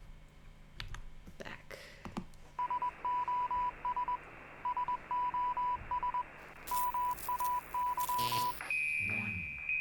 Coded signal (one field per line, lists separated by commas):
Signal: Morse code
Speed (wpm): 21 wpm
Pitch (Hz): 990 Hz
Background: radio noise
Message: SOS SOS MAY